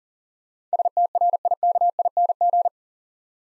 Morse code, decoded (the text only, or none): STRIKING